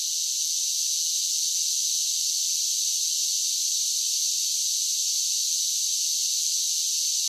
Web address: Blastwave INSECTS Cicadas Sing. cicadas sing song buzz large groups singing insect bug